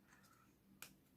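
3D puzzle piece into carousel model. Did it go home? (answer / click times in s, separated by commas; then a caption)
yes / 0.8 s. A printed 3D puzzle piece is pushed into its slot on a carousel model to check that it engages, and a single sharp click sounds at 0.8 s. The piece seats, engaging without overlapping. A low steady hum runs underneath.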